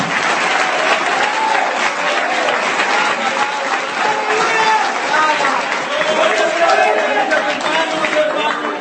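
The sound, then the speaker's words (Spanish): Steady, dense applause from many hands clapping continuously during a church sermon, loud and even throughout with a faint murmur of voices underneath. “Voy a aplaudir yo, voy a aplaudir yo, hermano.”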